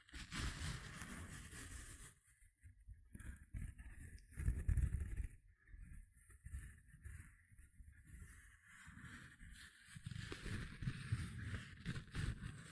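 Gentle scratching sounds in quick, uneven bursts, with a soft low rumble under a thin, crisp hiss. The strokes thicken around the fifth second and again after the tenth, and brief quiet gaps separate the clusters.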